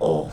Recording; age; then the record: pig call; piglet (1 to 25 days)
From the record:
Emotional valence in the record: negative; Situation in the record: crushing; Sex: female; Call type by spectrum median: low-frequency call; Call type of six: low-frequency stable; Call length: 0.33 s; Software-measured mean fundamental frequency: 55 Hz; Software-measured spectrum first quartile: 310 Hz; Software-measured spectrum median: 466 Hz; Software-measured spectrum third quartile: 590 Hz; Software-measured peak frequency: 507 Hz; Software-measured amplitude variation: 120 dB a second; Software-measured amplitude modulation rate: 27.5 a second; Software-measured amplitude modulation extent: 4.4 dB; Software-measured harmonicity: 2.4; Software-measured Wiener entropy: -0.80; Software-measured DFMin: 1834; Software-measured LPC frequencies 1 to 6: 490, 3197, 5214, 5911, 6645, 7824 Hz